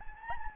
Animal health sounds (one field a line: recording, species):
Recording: mosquito wingbeat signal from an infrared sensor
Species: Anopheles gambiae